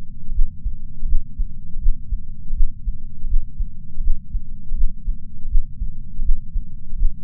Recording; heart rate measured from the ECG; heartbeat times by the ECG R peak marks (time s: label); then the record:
heart sounds by patch sensor on the chest; 81 bpm
0.33 s: heartbeat
1.07 s: heartbeat
1.80 s: heartbeat
2.54 s: heartbeat
3.28 s: heartbeat
4.02 s: heartbeat
4.75 s: heartbeat
5.49 s: heartbeat
6.23 s: heartbeat
6.96 s: heartbeat
From the record:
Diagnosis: coronary artery disease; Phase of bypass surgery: postoperative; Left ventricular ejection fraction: 56.9%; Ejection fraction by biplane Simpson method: 47.5%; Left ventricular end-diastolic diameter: 47 mm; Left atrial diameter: 37 mm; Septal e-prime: 6 cm/s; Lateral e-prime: 7.9 cm/s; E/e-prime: 12.2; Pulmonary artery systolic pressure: 37 mmHg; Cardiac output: 5.2 L/min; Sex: female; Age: 68 years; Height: 161 cm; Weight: 66.6 kg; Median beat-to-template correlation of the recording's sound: 0.94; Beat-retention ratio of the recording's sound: 0.98